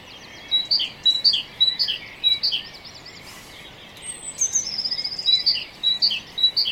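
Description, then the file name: Great tit repeating a sharp two-note phrase; after a gap the song resumes while a thin, high sound runs alongside. "Parus major"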